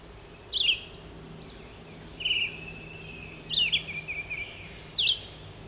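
Red-eyed vireo singing four short slurred whistled phrases over a few seconds, over a steady high insect hum.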